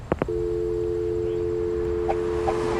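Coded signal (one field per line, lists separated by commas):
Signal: telephone call progress tone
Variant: North America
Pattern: dial tone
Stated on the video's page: Leisure Suit Larry: Reloaded game, French version.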